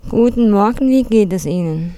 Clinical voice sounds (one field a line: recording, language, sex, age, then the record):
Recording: spoken sentence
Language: German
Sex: female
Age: 30 to 39 years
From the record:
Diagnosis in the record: mixed nasality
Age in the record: 32 years